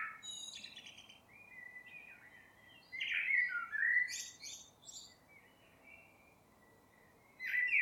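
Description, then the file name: Eurasian blackbird singing fluty, mellow warbled notes with squeaky high flourishes, a quiet gap, then another phrase starting. "Turdus merula"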